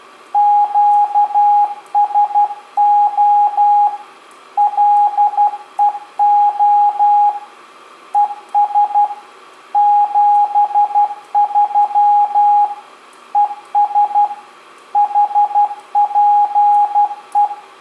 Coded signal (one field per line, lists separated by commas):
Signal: Morse code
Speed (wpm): 12 wpm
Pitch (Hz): 820 Hz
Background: radio noise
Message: QSO LEO ES 73 ES HPE